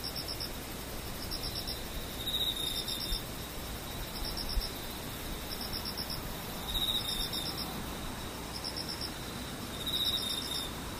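Insects trill in high, bright bursts of rapid pulses that return every couple of seconds, over a thin steady whine that never stops. Beneath them runs a soft, constant low rumble, with a few slightly louder moments near the middle and end.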